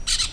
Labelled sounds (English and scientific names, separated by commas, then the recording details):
Brown-throated Parakeet (Eupsittula pertinax) contact call
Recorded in Venezuela
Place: Cerro Saroche, Hato Dalmatela, Edo. Lara
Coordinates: 10.149, -69.534